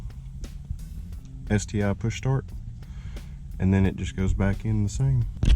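Someone talks while handling a new JDM STI push start button switch, about to press it back into its dash trim housing on a 2018 Subaru Forester XT. Faint handling taps are heard under the talking, but the switch has not yet seated or clicked into place.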